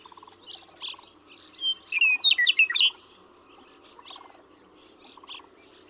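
Western meadowlark delivering one bright phrase of slurred whistles and quick gurgles, surrounded by soft repeated pulsed trills and high chirps.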